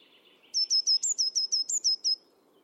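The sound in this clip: Bird calls, a rapid series of high, sharp notes, some rising then dropping, after a softer lower chattering at the start; faint low background hum.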